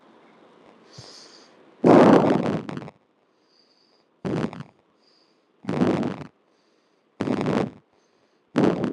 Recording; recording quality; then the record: shallow breathing; excellent, no background noise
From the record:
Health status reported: healthy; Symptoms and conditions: none ticked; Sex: male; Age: 38 years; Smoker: not ticked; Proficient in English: yes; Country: India